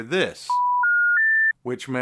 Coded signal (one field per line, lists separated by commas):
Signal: telephone call progress tone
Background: speech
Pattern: special information tone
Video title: Old School Rotary Phone VS Smart Phone